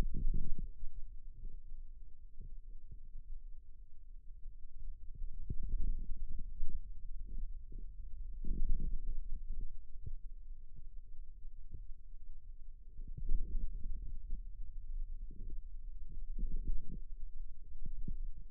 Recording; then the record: forearm muscle sounds (acoustic myography)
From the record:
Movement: radial deviation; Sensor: system 2, bracelet of six BSWA MPA416 microphones around the upper forearm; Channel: 6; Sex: male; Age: 22 years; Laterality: right